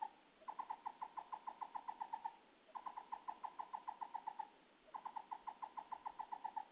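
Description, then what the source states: Chinese barbet calling in rapid trilled phrases of many notes, each about two seconds long, given three times with short pauses. Heard but not found, at the edge of Tianbaoyan nature reserve around Guixi village, Yong'an, Fujian, China, 11–12 July 2013, sunny weather; species rarely recorded in Fujian.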